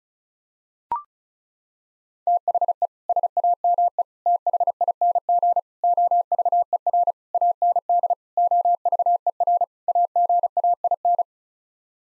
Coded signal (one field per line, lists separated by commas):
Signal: Morse code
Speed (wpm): 36 wpm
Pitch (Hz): 700 Hz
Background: none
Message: THE SAME THING OVER AND OVER AGAIN